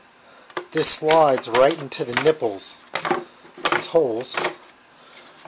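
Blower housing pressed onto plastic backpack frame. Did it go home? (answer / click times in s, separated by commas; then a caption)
no / none. Someone talks while the bottom nipples of a Stihl BR700, BR600, BR550 or BR500 backpack blower housing are slid into the holes of a new plastic frame, with brief handling knocks around 0.6, 3.0 and 3.7 seconds. The clip ends before the housing is pressed home, so nothing has snapped or seated yet.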